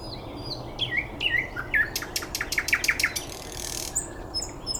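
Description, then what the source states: Birds chirping, a few downslurred whistles first, then a rapid burst of sharp clicking notes, with faint high calls near the end. Recorded 9 May 2014 at 06:39.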